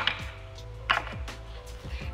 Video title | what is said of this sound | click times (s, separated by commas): Oil Pressure Sensor Replacement -- Easy | there we go it's clipped up and over come down to the middle push it in | 0.1 s, 0.9 s